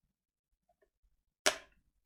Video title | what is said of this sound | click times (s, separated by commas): Surface Pro 5 i7 Screen Removal & Battery Replacement for Beginners. | there we go it's a little it's a little scary because you kind of hear that click but | 1.5 s